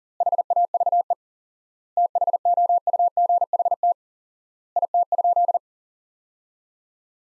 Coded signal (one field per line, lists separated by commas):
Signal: Morse code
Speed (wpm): 40 wpm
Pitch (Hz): 700 Hz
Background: none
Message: HAVE THOUGHT IT?